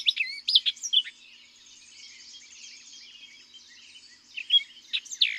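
Orchard oriole song, quick bursts of bright whistled and slurred notes at the start and again near the end, with a quiet pause between.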